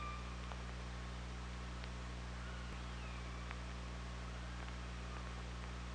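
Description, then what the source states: Killer whale call, a faint tonal note arching up and down midway, with a few clicks, nearly buried in steady hiss and low hum. Recorded underwater by the OrcaLab hydrophone on 24 August 2017, around 07:25.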